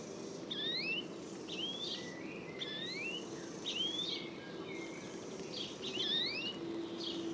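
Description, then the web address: Bird calls: clear, rising, slurred whistles, often paired, repeated every second or so. "cianscape birddata Deverinetal"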